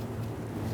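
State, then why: Not seated. A new license plate light pigtail connector on a 1994-2001 Dodge Ram 1500 is lined up and pushed toward the plastic truck-side harness connector. Only a steady low rumble is heard, with no sharp sounds. Nothing has seated or clicked yet.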